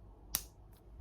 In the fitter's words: so what you want to do is open this until it clicks